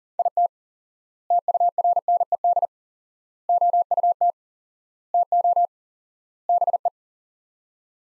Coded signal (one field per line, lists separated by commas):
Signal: Morse code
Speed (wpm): 40 wpm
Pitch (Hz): 700 Hz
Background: none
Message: IT TURNED OUT TO BE